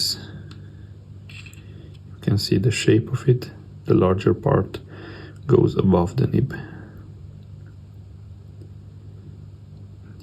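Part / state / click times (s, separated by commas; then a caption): nib and feed going into a fountain pen section / not seated / none. A plastic feed is lined up under the metal nib of a Parker 45 fountain pen, with the larger part above the nib, before the two are pushed back into the section. Someone talks while faint handling sounds are heard. Nothing has seated or clicked yet.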